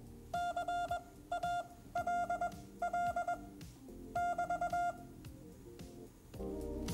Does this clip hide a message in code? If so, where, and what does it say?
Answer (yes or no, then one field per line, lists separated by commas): yes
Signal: Morse code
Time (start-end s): 0.3-4.9 s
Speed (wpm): 21 wpm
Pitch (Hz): 700 Hz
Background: music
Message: CALL <BT>